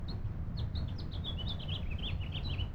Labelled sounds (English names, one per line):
House Finch song